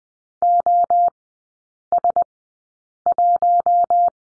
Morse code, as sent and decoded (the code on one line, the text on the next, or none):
--- ... .----
OS1